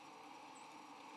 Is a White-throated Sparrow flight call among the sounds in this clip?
no